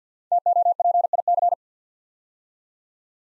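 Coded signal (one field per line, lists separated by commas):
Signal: Morse code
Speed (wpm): 48 wpm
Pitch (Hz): 700 Hz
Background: none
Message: TOPIC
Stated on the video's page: Morse practice set at 50wpm of 5-letter words for head-copy, each word sent twice.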